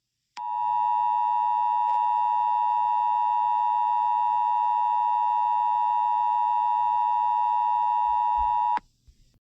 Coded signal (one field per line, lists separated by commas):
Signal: Emergency Alert System (SAME) tones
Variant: 853 and 960 Hz attention tone